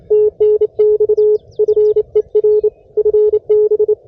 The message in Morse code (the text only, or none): TNX FER FB